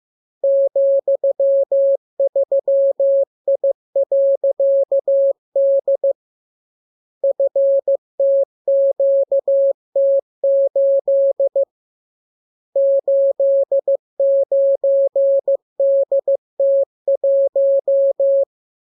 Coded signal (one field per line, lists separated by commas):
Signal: Morse code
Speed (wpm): 15 wpm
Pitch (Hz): 550 Hz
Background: none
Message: ,3I.D FTQT8 89DT1